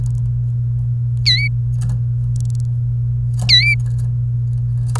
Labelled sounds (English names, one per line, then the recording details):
Domestic Canary song
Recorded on 29 April 2018 at 10:35
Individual llb3